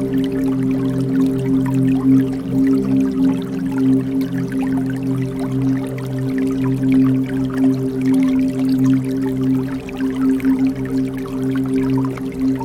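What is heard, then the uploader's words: A bamboo water fountain runs with a steady low hum that stays constant throughout. Faint, scattered trickles and drips ticking lightly above it, irregular, with no distinct larger events. BAMBOO WATER FOUNTAIN. Japanese fountain,water,white noise.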